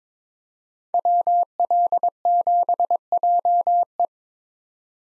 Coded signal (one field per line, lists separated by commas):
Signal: Morse code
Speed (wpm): 26 wpm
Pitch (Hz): 700 Hz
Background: none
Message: WL7JE